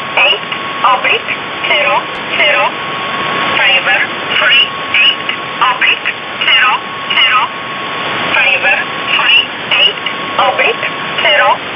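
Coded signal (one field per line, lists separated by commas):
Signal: numbers station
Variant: E11 Oblique, English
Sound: a voice reading short, evenly spaced words over hiss, with a faint steady whistle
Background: radio static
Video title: 27 05 2019 E11 Oblique Numbers station in English 0900 on 7439 unknown tx site in USB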